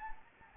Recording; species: mosquito wingbeat signal from an infrared sensor; Anopheles gambiae